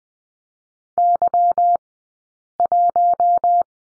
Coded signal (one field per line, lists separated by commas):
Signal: Morse code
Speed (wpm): 20 wpm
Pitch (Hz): 700 Hz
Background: none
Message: Y1